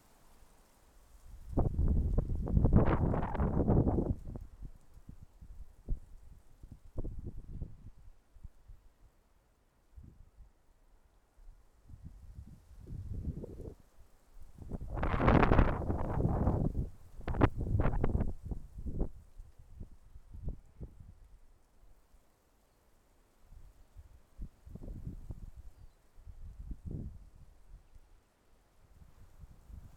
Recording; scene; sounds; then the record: everyday scene through a hearing-aid microphone; wind on the microphone; wind, traffic, siren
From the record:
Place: suburban garden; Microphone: behind the ear, left, front